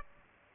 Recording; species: mosquito wingbeat signal from an infrared sensor; Aedes aegypti